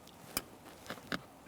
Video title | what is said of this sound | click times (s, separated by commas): How to Replace Rear ABS Wheel Speed Sensor 2007-2017 Jeep Patriot | After an audible click, a light tug. | 0.4 s